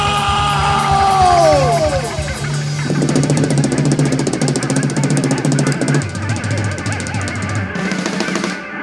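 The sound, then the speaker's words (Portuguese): Several motorcycle engines rev loudly at once at a biker rally, one rising and falling in pitch early on, over a constant rough, chattering exhaust roar that continues for the whole stretch. “Isso aqui é encontro de moto, porra, ou não é?”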